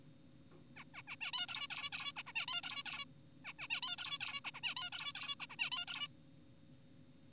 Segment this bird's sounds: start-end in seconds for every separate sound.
0.76-0.84, 0.94-1.02, 1.08-1.16, 1.21-1.32, 1.34-1.46, 1.48-1.67, 1.70-1.90, 1.92-2.12, 2.16-2.23, 2.27-2.33, 2.35-2.46, 2.48-2.62, 2.64-2.84, 2.86-3.05, 3.45-3.53, 3.59-3.68, 3.70-3.80, 3.83-3.96, 3.98-4.18, 4.21-4.41, 4.45-4.51, 4.54-4.61, 4.63-4.75, 4.77-4.90, 4.92-5.12, 5.15-5.35, 5.40-5.46, 5.50-5.56, 5.59-5.70, 5.72-5.86, 5.88-6.08